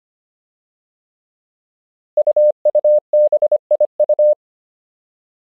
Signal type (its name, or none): Morse code